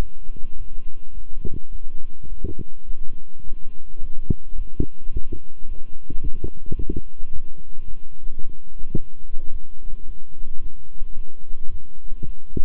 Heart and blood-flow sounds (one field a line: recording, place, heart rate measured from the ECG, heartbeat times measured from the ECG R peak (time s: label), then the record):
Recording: heart sounds by stethoscope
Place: between the tricuspid and mitral areas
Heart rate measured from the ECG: 108 bpm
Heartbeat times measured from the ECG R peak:
0.56 s: heartbeat
1.13 s: heartbeat
1.71 s: heartbeat
2.28 s: heartbeat
2.85 s: heartbeat
3.42 s: heartbeat
3.99 s: heartbeat
4.56 s: heartbeat
5.11 s: heartbeat
5.66 s: heartbeat
6.22 s: heartbeat
6.77 s: heartbeat
7.31 s: heartbeat
7.86 s: heartbeat
8.41 s: heartbeat
8.96 s: heartbeat
9.50 s: heartbeat
10.05 s: heartbeat
10.60 s: heartbeat
11.15 s: heartbeat
11.69 s: heartbeat
12.24 s: heartbeat
From the record:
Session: walking at 3.7 km/h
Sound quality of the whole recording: good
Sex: male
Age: 26 years